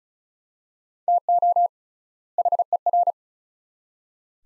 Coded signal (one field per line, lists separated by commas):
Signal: Morse code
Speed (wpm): 36 wpm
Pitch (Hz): 700 Hz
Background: none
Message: TO HER